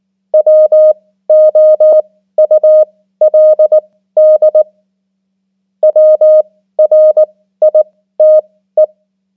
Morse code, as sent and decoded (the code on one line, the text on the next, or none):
.-- --- ..- .-.. -.. / .-- .-. .. - .
WOULD WRITE